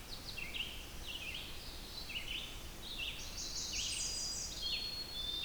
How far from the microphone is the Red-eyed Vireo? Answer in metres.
about 35 m